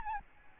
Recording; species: mosquito wingbeat signal from an infrared sensor; Aedes albopictus